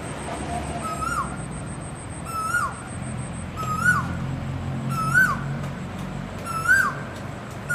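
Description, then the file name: Asian koel giving five rising, whistled upslurred notes roughly every one and a half seconds, with a thin high whine running behind. Calling to find a mate. "นกกาเหว่าร้องหาคู่"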